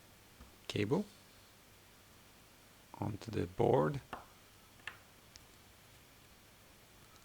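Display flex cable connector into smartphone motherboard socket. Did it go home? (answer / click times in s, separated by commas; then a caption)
yes / 4.9 s. During reassembly in a Samsung Galaxy A70 screen replacement, the OLED screen's flex cable connector is pressed onto its socket on the phone's motherboard while someone talks. A short, sharp click at 4.9 s shows the connector has seated, followed by a fainter tick at 5.4 s.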